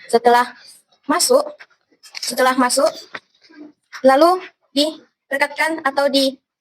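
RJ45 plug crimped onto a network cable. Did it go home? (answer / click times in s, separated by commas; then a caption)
no / none. An RJ45 plug with the sorted network cable inserted is handled, ready to be squeezed in a crimping tool until it clicks, while someone talks throughout. Nothing has seated or clicked yet; the clip ends just before the plug is crimped home.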